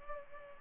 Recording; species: mosquito wingbeat signal from an infrared sensor; Culex pipiens